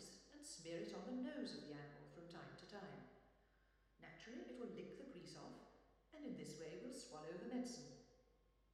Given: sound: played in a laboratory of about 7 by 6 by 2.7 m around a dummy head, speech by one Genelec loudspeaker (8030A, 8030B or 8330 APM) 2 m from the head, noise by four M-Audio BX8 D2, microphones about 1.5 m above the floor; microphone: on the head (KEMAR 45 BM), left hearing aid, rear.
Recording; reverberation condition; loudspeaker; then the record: female speech in English; high; 90 degrees to the left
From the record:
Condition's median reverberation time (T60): about 1300 ms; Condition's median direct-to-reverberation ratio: about -4.0 dB